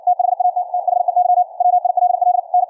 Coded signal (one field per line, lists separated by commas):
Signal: Morse code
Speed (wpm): 56 wpm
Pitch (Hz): 710 Hz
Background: none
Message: THAT THEY WILL N